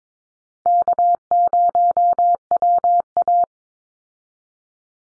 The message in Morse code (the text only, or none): K0WA